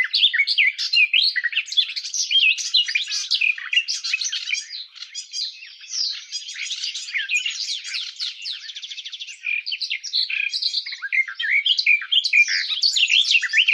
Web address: щегол